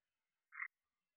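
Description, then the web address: Red-eyed tree frog giving a single short, raspy note, about a sixth of a second long, in otherwise near silence. Type 2 call. "Agalychnis-callidryas Tipo-2"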